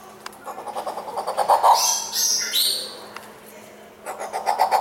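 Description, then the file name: Violet turaco song, a run of fast, hoarse pulsed notes repeated several times a second, fading and returning. "Canto do turaco violeta"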